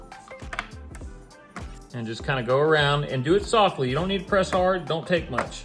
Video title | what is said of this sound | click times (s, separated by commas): Asus Tuf Gaming Fx705DT Laptop Fan Replacement | And now remember, this thing had snaps to it, so you're gonna wanna listen for the clicks. | 0.5 s, 0.6 s, 1.6 s